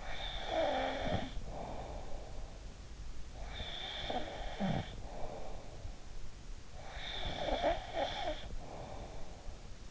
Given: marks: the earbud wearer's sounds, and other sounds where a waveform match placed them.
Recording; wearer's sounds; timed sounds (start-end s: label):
sounds in sleep by an in-ear microphone; snoring breath
0.00-2.92 s: snoring breath
3.50-6.26 s: snoring breath
6.56-9.58 s: snoring breath